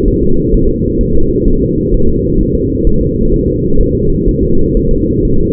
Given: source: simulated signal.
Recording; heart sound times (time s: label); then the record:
fetal heart sounds
0.08 s: S1
0.22 s: S2
0.54 s: S1
0.69 s: S2
1.01 s: S1
1.15 s: S2
1.48 s: S1
1.62 s: S2
1.94 s: S1
2.09 s: S2
2.41 s: S1
2.55 s: S2
2.87 s: S1
3.01 s: S2
3.34 s: S1
3.48 s: S2
3.81 s: S1
3.95 s: S2
4.28 s: S1
4.43 s: S2
4.77 s: S1
4.91 s: S2
5.25 s: S1
5.40 s: S2
From the record:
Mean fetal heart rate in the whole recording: 130 bpm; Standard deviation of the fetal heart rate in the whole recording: 4 bpm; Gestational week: 38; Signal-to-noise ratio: -17.7 dB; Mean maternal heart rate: 72 bpm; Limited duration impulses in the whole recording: present